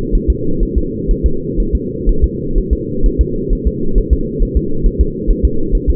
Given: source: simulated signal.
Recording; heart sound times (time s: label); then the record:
fetal heart sounds
0.15 s: S1
0.30 s: S2
0.63 s: S1
0.78 s: S2
1.11 s: S1
1.26 s: S2
1.60 s: S1
1.75 s: S2
2.09 s: S1
2.24 s: S2
2.58 s: S1
2.73 s: S2
3.06 s: S1
3.21 s: S2
3.53 s: S1
3.68 s: S2
3.98 s: S1
4.13 s: S2
4.42 s: S1
4.57 s: S2
4.86 s: S1
5.01 s: S2
5.30 s: S1
5.45 s: S2
5.75 s: S1
5.90 s: S2
From the record:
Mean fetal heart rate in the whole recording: 130 bpm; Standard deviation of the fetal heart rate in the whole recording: 4 bpm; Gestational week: 38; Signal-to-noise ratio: -8.1 dB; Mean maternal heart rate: 72 bpm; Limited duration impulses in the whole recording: absent